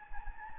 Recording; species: mosquito wingbeat signal from an infrared sensor; Anopheles gambiae